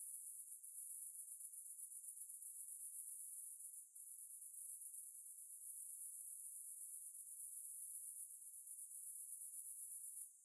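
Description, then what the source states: Cicada chorus: an unbroken, piercing high buzz with fast pulsing, briefly dropping near four seconds, then fading slightly at the end. Cicada ambience.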